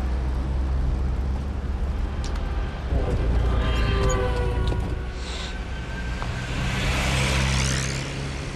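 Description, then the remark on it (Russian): A car drives steadily with a constant low engine rumble and road noise, punctuated by brief higher-pitched whines and hissing swells, with no talking. “Он едет в машине.”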